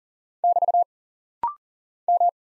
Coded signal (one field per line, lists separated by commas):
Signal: Morse code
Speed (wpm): 40 wpm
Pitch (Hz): 700 Hz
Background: none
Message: <BT> M